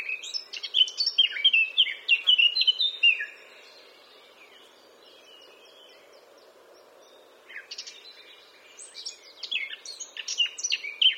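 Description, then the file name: Eurasian blackcap song: a rapid warbling phrase of varied notes and fluty whistles, a long pause, then a softer scratchy warble building into clear whistled notes. "Sylvia atricapilla"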